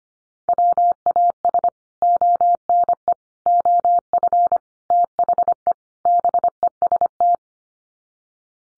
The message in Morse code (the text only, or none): WAS ONE OF THE BEST